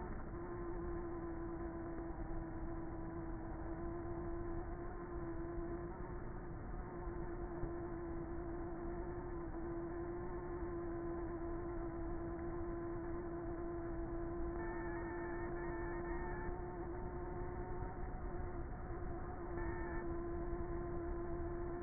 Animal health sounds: honeybee colony, microphone inside the hive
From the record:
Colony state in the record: queenless with a low population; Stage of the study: before two queens were removed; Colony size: about 30,000 bees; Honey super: no

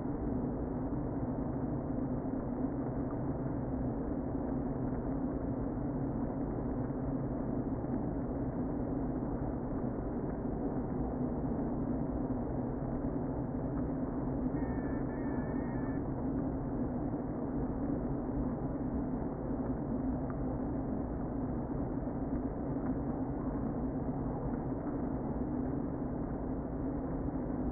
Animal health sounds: honeybee colony, microphone inside the hive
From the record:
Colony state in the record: queen present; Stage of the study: before two queens were removed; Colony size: about 60,000 bees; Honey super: yes

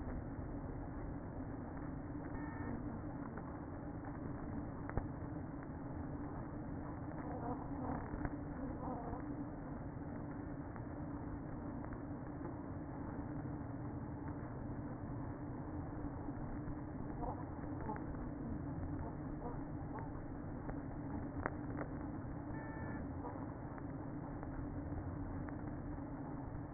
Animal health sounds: honeybee colony, microphone inside the hive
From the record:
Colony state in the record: queen present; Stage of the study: after two queens were removed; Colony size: about 60,000 bees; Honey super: yes

